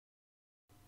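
The AirPort antenna connector is pinched and pushed down onto the board inside a Mac Mini. The clip is silent until about 0.7 s, then a steady broadband handling noise continues to the end. Nothing has seated or clicked yet.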